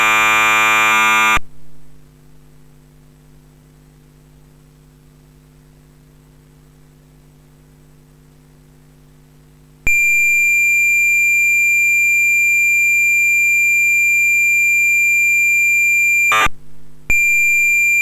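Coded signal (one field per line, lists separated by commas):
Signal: computer data on cassette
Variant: MSX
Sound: short hiss, quiet hum, then a long steady high tone, brief rasp, tone resumes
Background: low mains hum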